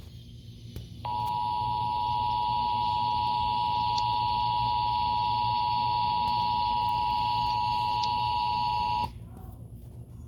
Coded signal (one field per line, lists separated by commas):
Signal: Emergency Alert System (SAME) tones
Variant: 853 and 960 Hz attention tone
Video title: Macuscoper Kills the EAS Reporter Gets Grounded